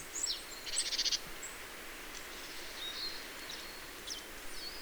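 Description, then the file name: Marsh Tit calling: one or two thin, very high notes, then a fast buzzy run of about seven pulses lasting half a second, and several softer high chips afterwards over steady hiss. "Poecile palustris"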